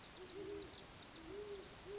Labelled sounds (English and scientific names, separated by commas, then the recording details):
Great Horned Owl (Bubo virginianus)
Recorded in Sonoma County, California